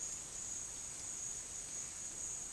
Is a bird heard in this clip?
no